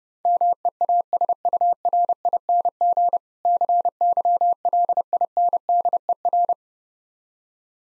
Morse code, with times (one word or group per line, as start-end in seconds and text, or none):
0.3-3.2 MEASURING
3.5-6.5 CYLINDER